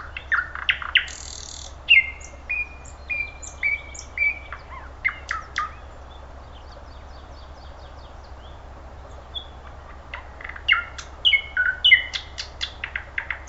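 Thrush nightingale song: rapid clicks, then a run of evenly spaced whistled notes, a pause, and more sharp chocks and whistles, with steady low hum beneath.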